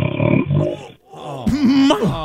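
A loud, low rattling intake is followed by a short pause and then a rough, grunting, pitched breath that rises and falls. This is heavy, vibrating, bear-like snoring from a sleeping adult, heard over a phone line.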